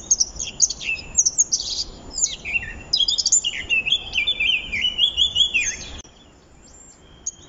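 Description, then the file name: Eurasian blackcap song, a busy chattering warble that turns into clear, fluty descending whistles, then breaks off into near silence for the last seconds. "Sylvia atricapilla"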